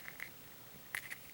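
A plastic visor piece is pressed onto the helmet of a vinyl figure, with faint plastic ticks near 0.1 and 0.2 seconds. A sharp, bright snap at 1.0 seconds, followed by a lighter tick at 1.1 seconds, confirms the visor has seated in place.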